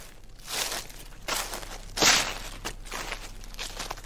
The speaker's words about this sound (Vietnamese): Ở bên đoạn giếng nước, chính xác là ở bên đoạn giếng nước, có tiếng sột soạt.